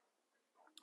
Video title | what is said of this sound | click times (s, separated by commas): 💥2024 Ford Ranger Wildtrak - 20” Alloy Wheels, Metallic Black. Walk around 💥 | it's got a little click on there so it does hold tightly in place when that's up there | 0.8 s